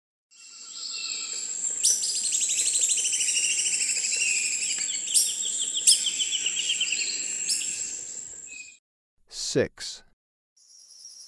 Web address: Natures Songs S America Birds of Ecuador Slaty-capped Flycatcher